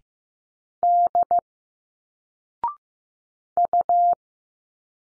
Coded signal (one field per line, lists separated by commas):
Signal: Morse code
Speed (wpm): 15 wpm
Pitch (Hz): 700 Hz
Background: none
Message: D U